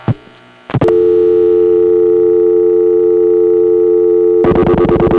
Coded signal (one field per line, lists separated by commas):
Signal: telephone call progress tone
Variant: North America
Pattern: dial tone